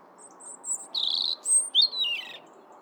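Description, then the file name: European robin giving a brief phrase: soft high notes, a buzzy trill, then a piercing thin whistle and a descending slurred warble. "Erithacus rubecula"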